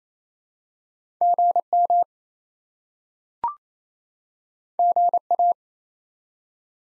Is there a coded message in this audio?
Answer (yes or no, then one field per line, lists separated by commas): yes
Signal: Morse code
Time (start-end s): 1.2-5.5 s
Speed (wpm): 28 wpm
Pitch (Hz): 700 Hz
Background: none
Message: GM GA